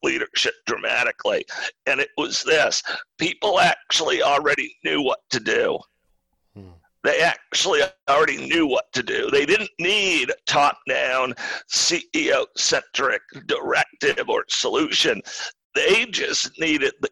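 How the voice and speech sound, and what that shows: An adult man speaks in connected phrases, but his voice is intermittently tight, creaky and rough, with stretched vowels and a long mid-sentence pause. This fits spasmodic dysphonia, a rare neurological voice disorder in which the throat muscles involuntarily squeeze and constrict during speech, here causing a partial loss of voice since onset in 2010.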